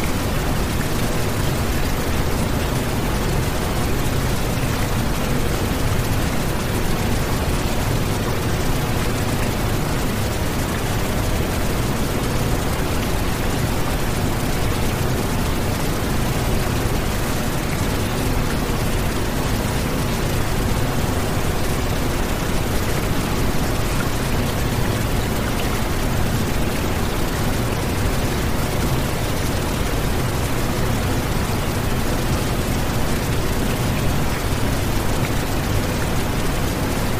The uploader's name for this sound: Brown Noise, Pink Noise, and 30Hz Frequency